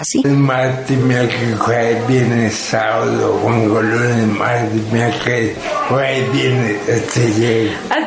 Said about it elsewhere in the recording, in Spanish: Esto es lo que acabamos de escuchar, lo que los médicos llamamos disartria. Esta dificultad para articular las palabras no se oyen como se como estamos acostumbrados, y esto tiene que ver porque la lengua es un músculo. Cuando la lengua se debilita, que puede ser el primer síntoma en la esclerosis lateral.